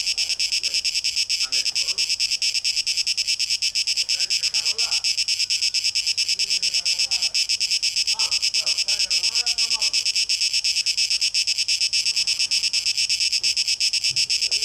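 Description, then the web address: Cicada song, a dense high buzz throbbing in steady pulses about three times a second, with scattered lower warbling, chirping notes underneath. Cicadas, 12 August 2023, tape echo mix. "2023-08-12 Zikaden"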